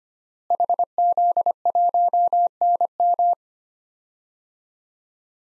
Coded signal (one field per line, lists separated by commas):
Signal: Morse code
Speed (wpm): 25 wpm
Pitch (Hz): 700 Hz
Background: none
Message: HZ1NM